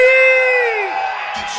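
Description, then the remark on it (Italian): A crowd at Pigalle yells a welcome for Vortex DJ: one loud, drawn-out whoop slides downward in pitch over a bed of crowd noise, then breaks into scattered cheering and shouts. “Voglio un urlo libero di benvenuto per Vortex DJ!”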